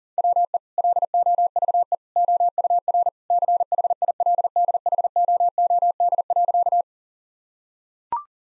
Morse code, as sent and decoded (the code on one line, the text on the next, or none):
.-- . / .-.. --- ...- . / --- ..- .-. / -.-. .... .. .-.. -.. .... --- --- -.. .-.-.-
WE LOVE OUR CHILDHOOD.